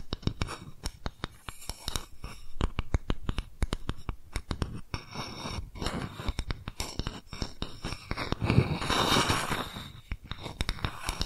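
Quick tapping triggers, sharp taps falling in dense, irregular bursts with brief gaps between clusters. The taps are crisp and full-range, mixed with softer scratchy rubbing, and around the ninth second a brighter, louder rustling swell rises before the tapping continues.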